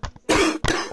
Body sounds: coughing mixed with background sound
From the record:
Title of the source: 60 coughing still (deep and wet cough)

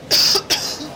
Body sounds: coughing mixed with background sound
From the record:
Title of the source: November cold (wet coughing)

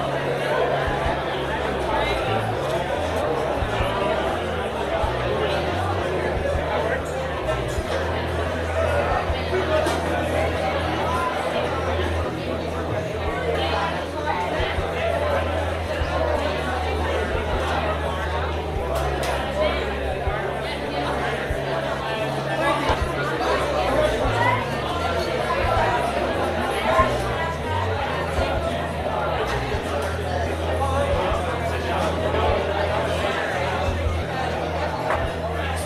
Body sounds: background sound without coughing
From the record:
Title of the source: CITY SOUNDS Busy Bar in the Evening Night - 2 HOURS of Ambiance for Relaxation

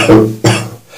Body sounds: coughing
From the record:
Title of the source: Cough Around the Clock!

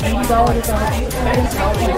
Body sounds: background sound without coughing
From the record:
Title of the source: Nightlife Party Simulating Party Club Noise 1 Hour

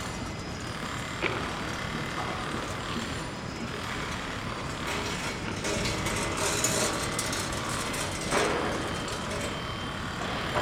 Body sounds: background sound without coughing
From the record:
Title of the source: 30 MINUTES Construction Site Ambience (CC BY 4.0)

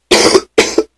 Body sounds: coughing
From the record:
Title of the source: 61 morning phlegmy cough...again

